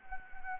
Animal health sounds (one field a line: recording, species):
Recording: mosquito wingbeat signal from an infrared sensor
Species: Anopheles gambiae